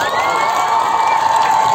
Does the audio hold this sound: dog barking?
no